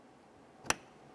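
The plastic retainer on the inside door handle cable end of a 2005-2010 Chevy Cobalt is locked down after the cable end is slid into place in the interior door handle. A single sharp click is heard at 0.7 s over a quiet background, and the retainer is seated and locked.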